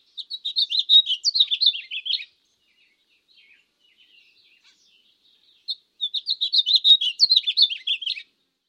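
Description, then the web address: Bird song: two rapid, high twittering phrases of about two seconds each, separated by a quiet gap with a few faint notes. Little birds singing in a garden park. "zvuk ot peene na pilenca v gradinski parcel"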